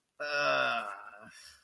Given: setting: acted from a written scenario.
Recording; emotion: vocal sound without words; shame